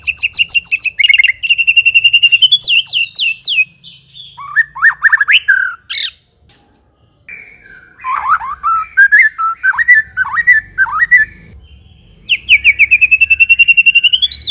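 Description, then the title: White-rumped shama in full song, rich fast trills and varied whistled phrases, dipping slurs and repeated notes, with a low background hum and a short lull midway. Lure recording of an aggressive bird. "Pancingan Murai Batu Galak"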